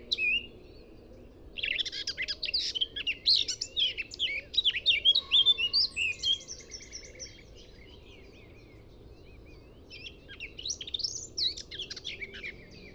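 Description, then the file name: Eurasian blackcap singing a rich, fast warbling phrase of varied notes lasting several seconds, then a quiet pause and a shorter warbled burst near the end. "Eurasian Blackcap Sylvia atricapilla"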